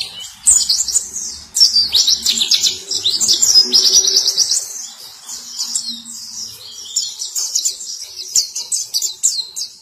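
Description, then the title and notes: White-eye singing a fast, high twittering stream of slurred notes, bursts starting and stopping, with faint low background hum. Sweet long song. "Kicau Burung Pleci ampuh. suara burung pleci merdu panjan"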